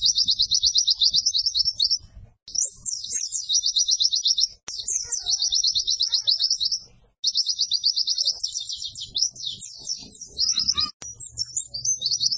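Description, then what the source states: White-eye song: rapid high trilled phrases and sweeping chirps, broken by brief pauses, with faint low rumbling underneath. Pleci (white-eye) singing in gacor style, used for training cage birds.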